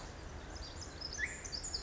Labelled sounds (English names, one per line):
Pacific Wren